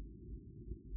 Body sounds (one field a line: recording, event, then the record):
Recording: neck accelerometer signal played as sound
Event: no cough (speech, laughter, throat clearing or background)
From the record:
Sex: male